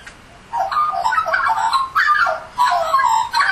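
Australian magpie carolling in several phrases of gurgling, flute-like warbles, with short breaks between them.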